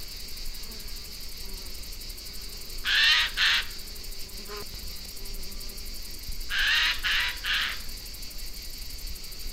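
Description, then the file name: Eurasian jay uttering grating screeches, a double burst, then after a pause a run of three, against a continuous thin high whine. "Garrulus glandarius"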